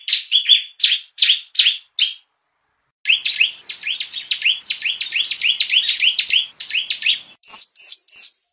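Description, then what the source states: Bar-winged Prinia song of sharp, high chirped notes in quick bursts, a short pause, then a denser run of chirps ending in buzzy, ringing notes. Ciblek song of the style called 'semi'.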